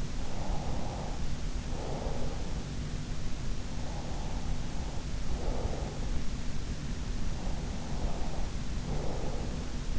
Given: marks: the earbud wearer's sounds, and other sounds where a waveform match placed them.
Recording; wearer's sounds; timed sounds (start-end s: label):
sounds in sleep by an in-ear microphone; breath
0.00-2.59 s: breath
3.85-6.09 s: breath
7.51-9.91 s: breath